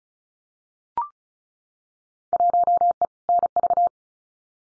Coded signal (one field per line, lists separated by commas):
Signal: Morse code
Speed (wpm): 34 wpm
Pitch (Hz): 700 Hz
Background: none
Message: 1E NV